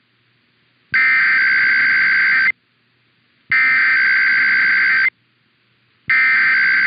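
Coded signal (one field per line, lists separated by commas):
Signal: Emergency Alert System (SAME) tones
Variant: header bursts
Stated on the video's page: IPAWS weekly tests captured in three time zones.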